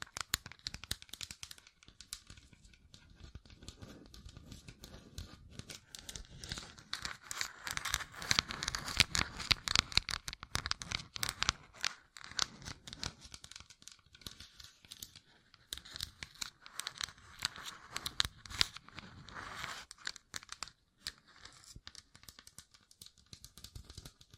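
Fingertips covered in gems tap and scratch in a dense, constant stream of tiny clicks and crinkly scrapes. The sound is bright and busy throughout, growing fuller and louder around seconds 7 to 11 and again near 19, with brief quieter gaps between.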